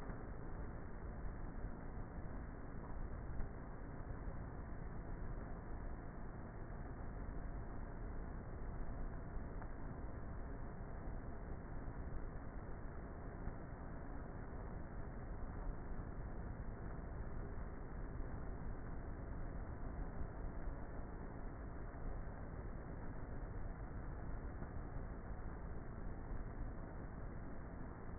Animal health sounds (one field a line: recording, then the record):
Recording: honeybee colony, microphone inside the hive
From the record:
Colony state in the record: queenless with a low population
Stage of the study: before two queens were removed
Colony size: about 30,000 bees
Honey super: no